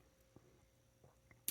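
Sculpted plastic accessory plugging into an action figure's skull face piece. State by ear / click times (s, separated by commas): seated / 1.5 s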